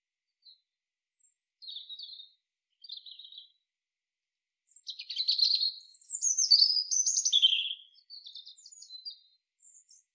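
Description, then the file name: European robin song: a few thin high notes, then a long tumbling phrase of sweet, high warbles and trills that falls away into scattered soft twitters. "Erithacus rubecula"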